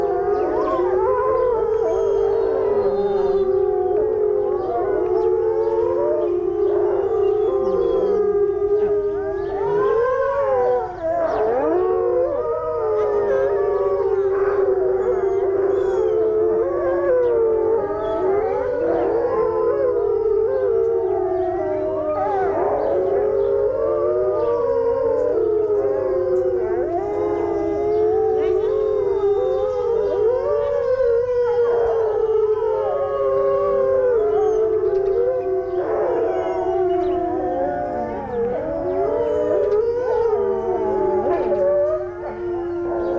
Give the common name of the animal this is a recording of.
Gray Wolf